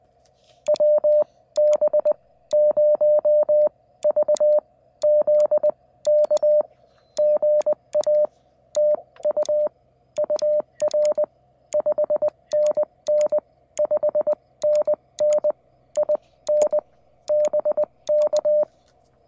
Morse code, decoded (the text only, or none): WB0VZK GA TU UR 5NN 5NN IN BK